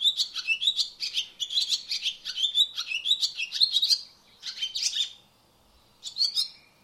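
Barn swallow twittering steadily in rapid high chirps, then breaking into two separate short bursts with quiet gaps between.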